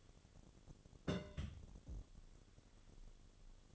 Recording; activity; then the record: daily activity, microphone in the room; place on stove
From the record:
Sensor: 4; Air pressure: 1008.7 hPa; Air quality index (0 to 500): 103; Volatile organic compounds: 1 ppm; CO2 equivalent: 768 ppm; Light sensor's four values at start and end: 10/24/9/9 and 11/24/9/9